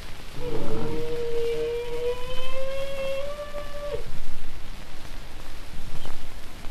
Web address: bactrian camel